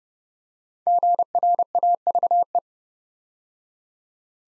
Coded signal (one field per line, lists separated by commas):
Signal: Morse code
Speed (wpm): 29 wpm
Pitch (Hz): 700 Hz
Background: none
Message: GRAVE